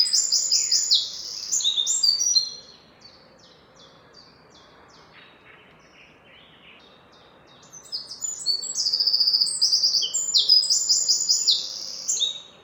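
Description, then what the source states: Birds singing bright high trills and twittering phrases, falling quiet for several seconds midway before a busy overlapping chorus resumes. Birds recorded in the morning.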